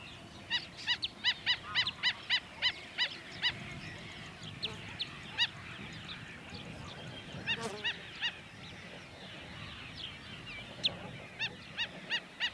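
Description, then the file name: Black-winged stilt yapping in a steady series of nasal notes, fading in the middle and then picking up again, over a soft outdoor background. "golyatocs hangja"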